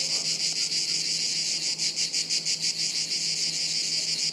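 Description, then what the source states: Cicadas buzzing in chorus, a continuous high metallic whirr beating about three times a second, over a faint low hum. Chorus of cicadas high in the trees overhead, woods near Sirolo, Italy, hot afternoon, August 23.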